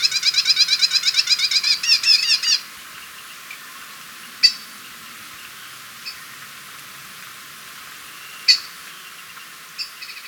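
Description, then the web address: Grass-green tanager in a fast, chattering series of notes lasting over two seconds, followed by a few isolated sharp clicks. Recorded in Ecuador. "Birds of Ecuador. Grass-Green Tanager"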